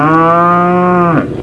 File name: cow